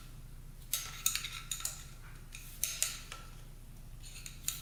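A fork oil seal retaining clip is handled and worked toward its groove in a motorcycle fork slider during a front fork rebuild on a Honda CR80 dirt bike. Sharp metallic ticks and scrapes stand out around 1.1, 2.6, 2.8 and 4.5 seconds over a low steady hum. The clip has not yet clicked into place.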